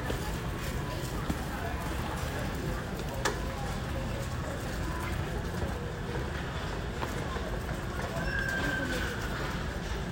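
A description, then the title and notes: Inside a busy store, a dense, steady murmur of voices fills the space, with low rumbling underneath like carts rolling across the floor. Occasional sharp clicks and clatters pop out, and a brief higher tone sounds near the end. A relaxing stroll through a Walmart. You'll hear the sounds of shopping carts and baskets rolling across the floor, as customers make their way through the aisles. The sound of products being picked up and put back, the rustle of bags and boxes, and the clink of cans and bottles create a sense of activity and movement.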